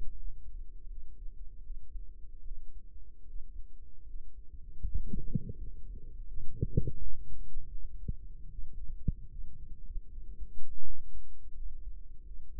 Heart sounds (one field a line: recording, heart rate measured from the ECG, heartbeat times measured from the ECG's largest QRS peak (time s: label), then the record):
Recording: heart sounds by microphone in the right ear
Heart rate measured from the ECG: 79 bpm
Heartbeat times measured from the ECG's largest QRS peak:
0.14 s: heartbeat
0.86 s: heartbeat
1.60 s: heartbeat
2.41 s: heartbeat
3.24 s: heartbeat
4.04 s: heartbeat
4.81 s: heartbeat
5.55 s: heartbeat
6.25 s: heartbeat
6.97 s: heartbeat
7.68 s: heartbeat
8.47 s: heartbeat
9.27 s: heartbeat
10.06 s: heartbeat
10.81 s: heartbeat
11.52 s: heartbeat
12.22 s: heartbeat
From the record:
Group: healthy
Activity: rest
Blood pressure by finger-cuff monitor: 110/69 mmHg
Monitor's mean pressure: 83 mmHg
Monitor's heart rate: 79 bpm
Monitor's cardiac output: 6 L/min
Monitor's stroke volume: 77 mL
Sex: male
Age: 35 years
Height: 178 cm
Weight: 64 kg